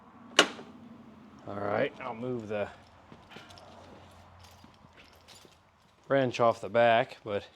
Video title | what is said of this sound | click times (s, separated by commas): Oliver Super 55 PTO clutch and seals | I think I got it to where we want you want to hear it snap in | 0.4 s